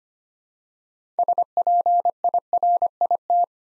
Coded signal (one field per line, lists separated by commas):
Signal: Morse code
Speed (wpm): 25 wpm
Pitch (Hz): 700 Hz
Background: none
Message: SPIRIT